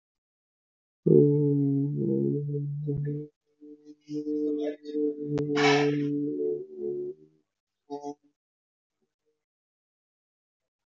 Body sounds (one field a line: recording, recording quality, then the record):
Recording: sustained vowel as in boot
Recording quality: excellent, no background noise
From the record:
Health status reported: healthy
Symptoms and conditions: none ticked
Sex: male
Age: 22 years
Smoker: not ticked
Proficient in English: yes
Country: India